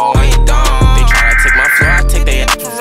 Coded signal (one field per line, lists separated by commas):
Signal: Emergency Alert System (SAME) tones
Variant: header bursts